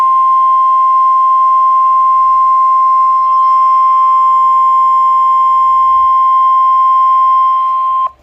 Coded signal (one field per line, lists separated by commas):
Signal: Emergency Alert System (SAME) tones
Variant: 1050 Hz attention tone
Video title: EAS Alerts as of 6/8/22 (EAS #116-139)